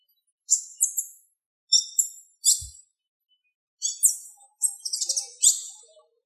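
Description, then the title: Bird song in short bursts of very high, buzzy chirps and trills, grouped in phrases with brief pauses between them. "LuckyPassaros CompletosSama"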